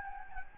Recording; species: mosquito wingbeat signal from an infrared sensor; Anopheles gambiae